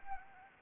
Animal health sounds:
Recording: mosquito wingbeat signal from an infrared sensor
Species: Anopheles arabiensis

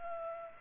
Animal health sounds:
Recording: mosquito wingbeat signal from an infrared sensor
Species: Culex pipiens

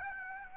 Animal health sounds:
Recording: mosquito wingbeat signal from an infrared sensor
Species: Aedes aegypti

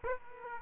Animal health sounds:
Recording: mosquito wingbeat signal from an infrared sensor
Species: Aedes aegypti

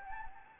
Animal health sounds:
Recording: mosquito wingbeat signal from an infrared sensor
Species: Anopheles gambiae

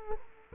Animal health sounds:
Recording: mosquito wingbeat signal from an infrared sensor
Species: Culex quinquefasciatus

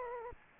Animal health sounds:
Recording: mosquito wingbeat signal from an infrared sensor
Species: Aedes aegypti

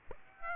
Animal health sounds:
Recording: mosquito wingbeat signal from an infrared sensor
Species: Aedes aegypti

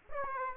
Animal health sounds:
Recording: mosquito wingbeat signal from an infrared sensor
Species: Aedes aegypti

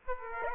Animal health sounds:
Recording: mosquito wingbeat signal from an infrared sensor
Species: Aedes aegypti

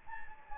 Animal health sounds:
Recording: mosquito wingbeat signal from an infrared sensor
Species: Anopheles gambiae

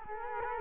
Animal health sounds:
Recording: mosquito wingbeat signal from an infrared sensor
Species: Culex quinquefasciatus

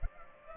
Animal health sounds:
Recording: mosquito wingbeat signal from an infrared sensor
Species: Culex pipiens

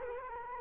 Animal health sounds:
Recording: mosquito wingbeat signal from an infrared sensor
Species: Culex quinquefasciatus

